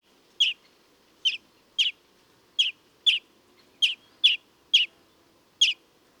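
European greenfinch calls: crisp high chirps, nine notes at uneven intervals of roughly half a second to a second, faint background hum.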